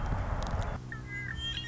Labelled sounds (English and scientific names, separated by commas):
Red-winged Blackbird (Agelaius phoeniceus)